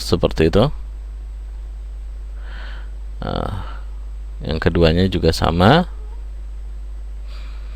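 A memory module is handled at its motherboard slot while the second module is pressed in to lock the plastic retaining clip. Someone talks throughout, with only faint handling sounds between the words. Nothing has seated or clicked yet.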